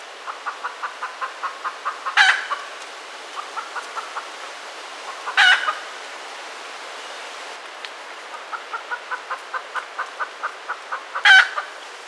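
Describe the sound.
Red junglefowl giving runs of soft, regular clucks, with three abrupt loud harsh calls spaced several seconds apart.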